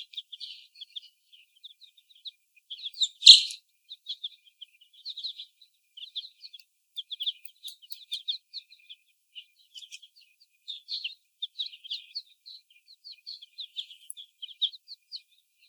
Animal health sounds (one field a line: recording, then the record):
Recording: young laying hens in a cage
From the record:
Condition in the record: before the stressor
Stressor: sudden umbrella opening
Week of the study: 1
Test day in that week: 1